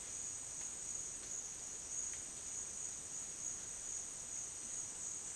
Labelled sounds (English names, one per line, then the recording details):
none
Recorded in dense forest near Puerto Asís, Putumayo, Colombia, on 29 June 2025 at 11:00
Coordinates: 0.484, -76.325
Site H65